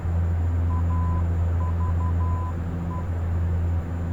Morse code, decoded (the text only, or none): AVE